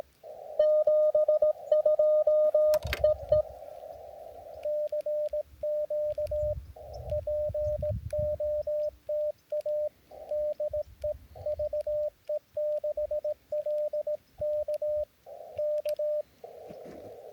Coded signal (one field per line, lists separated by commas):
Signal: Morse code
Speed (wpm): 18 wpm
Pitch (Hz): 600 Hz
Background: radio noise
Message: 72 EE CQ POTA DE VE6LK K